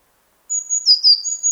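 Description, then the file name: Eurasian blue tit call: a high thin whistle followed by two buzzy descending slurs and another high note, brief and clean. "Cyanistes caeruleus"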